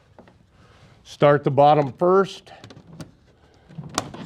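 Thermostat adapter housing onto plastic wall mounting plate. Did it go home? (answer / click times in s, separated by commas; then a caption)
yes / 4.0 s. Someone talks while the plastic adapter housing of a Daikin One thermostat controller is hooked by its two bottom hooks onto a plastic wall mounting plate, with faint handling knocks around it. It is then pressed so the top clip snaps on with a sharp click at 4.0 s, and the adapter is seated on the plate.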